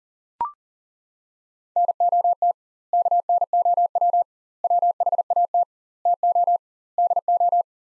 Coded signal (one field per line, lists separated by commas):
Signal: Morse code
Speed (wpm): 40 wpm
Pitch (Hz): 700 Hz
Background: none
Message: NOT KNOW WHAT TO DO